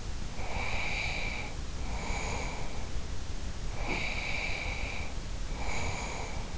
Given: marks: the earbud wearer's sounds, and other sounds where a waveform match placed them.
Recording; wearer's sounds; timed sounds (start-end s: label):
sounds in sleep by an in-ear microphone; breath
0.35-2.84 s: breath
3.68-6.54 s: breath